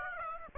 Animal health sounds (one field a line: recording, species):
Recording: mosquito wingbeat signal from an infrared sensor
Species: Aedes aegypti